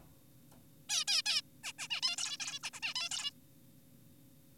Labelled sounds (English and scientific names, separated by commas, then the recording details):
Zebra Finch (Taeniopygia guttata)
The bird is an adult
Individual g4p5U